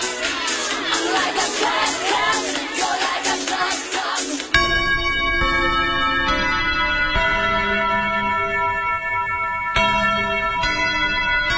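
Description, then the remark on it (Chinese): A burst of crowd noise gives way to loud church bells pealing on Christmas Eve in Seoul, South Korea, several overlapping strikes a second or so apart, each leaving rich, sustained metallic overtones ringing on. “一个小时后，韩国首尔平安夜的钟声正在敲响。”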